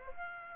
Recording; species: mosquito wingbeat signal from an infrared sensor; Aedes aegypti